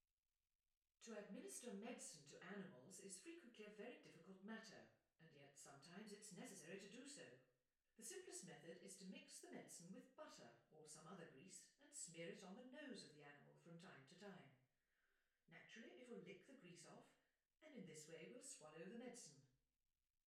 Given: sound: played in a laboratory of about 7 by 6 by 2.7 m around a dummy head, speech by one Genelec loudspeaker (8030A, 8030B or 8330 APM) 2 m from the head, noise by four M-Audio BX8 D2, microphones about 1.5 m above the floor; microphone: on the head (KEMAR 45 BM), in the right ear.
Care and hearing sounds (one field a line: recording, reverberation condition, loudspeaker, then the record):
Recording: female speech in English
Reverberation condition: medium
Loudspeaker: 120 degrees to the left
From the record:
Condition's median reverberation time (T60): about 510 ms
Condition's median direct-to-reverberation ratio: about -0.5 dB